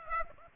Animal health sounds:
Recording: mosquito wingbeat signal from an infrared sensor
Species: Aedes aegypti

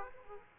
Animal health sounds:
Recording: mosquito wingbeat signal from an infrared sensor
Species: Aedes aegypti

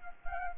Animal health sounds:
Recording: mosquito wingbeat signal from an infrared sensor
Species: Culex quinquefasciatus

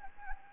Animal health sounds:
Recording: mosquito wingbeat signal from an infrared sensor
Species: Anopheles gambiae

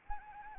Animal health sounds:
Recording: mosquito wingbeat signal from an infrared sensor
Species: Anopheles arabiensis

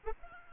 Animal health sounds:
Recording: mosquito wingbeat signal from an infrared sensor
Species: Aedes albopictus

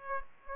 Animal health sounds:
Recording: mosquito wingbeat signal from an infrared sensor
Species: Aedes aegypti

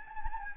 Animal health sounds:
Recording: mosquito wingbeat signal from an infrared sensor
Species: Anopheles gambiae

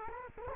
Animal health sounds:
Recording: mosquito wingbeat signal from an infrared sensor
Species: Culex quinquefasciatus

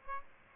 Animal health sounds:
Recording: mosquito wingbeat signal from an infrared sensor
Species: Aedes aegypti

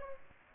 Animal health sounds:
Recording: mosquito wingbeat signal from an infrared sensor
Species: Aedes aegypti

